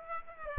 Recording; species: mosquito wingbeat signal from an infrared sensor; Aedes aegypti